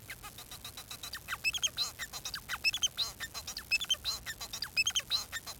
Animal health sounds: song of a male Bengalese finch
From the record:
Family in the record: son of father 4

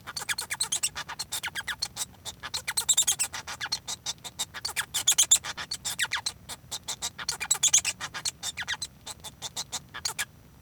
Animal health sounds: song of a male Bengalese finch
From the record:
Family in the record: son of father 1

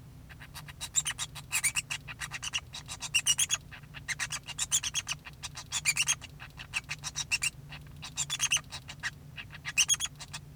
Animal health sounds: song of a male Bengalese finch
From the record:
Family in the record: son of father 2

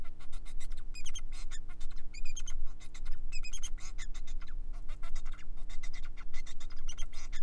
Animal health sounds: song of a male Bengalese finch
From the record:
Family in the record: son of father 4

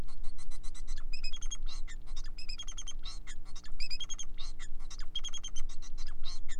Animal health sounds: song of a male Bengalese finch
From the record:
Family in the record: son of father 4

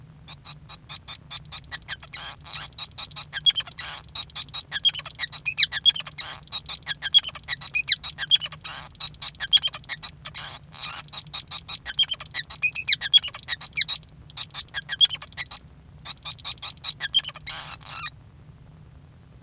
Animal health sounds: song of a male Bengalese finch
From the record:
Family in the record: son of father 5

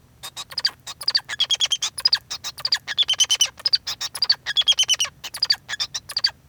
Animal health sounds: song of a male Bengalese finch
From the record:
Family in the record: son of father 2

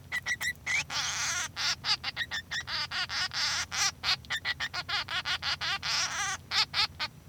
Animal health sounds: song of a male Bengalese finch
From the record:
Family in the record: son of father 3

